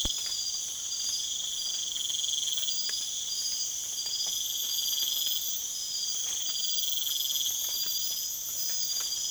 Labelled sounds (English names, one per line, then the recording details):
none
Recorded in secondary vegetation near Puerto Asís, Putumayo, Colombia, on 27 June 2025
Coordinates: 0.488, -76.319
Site G094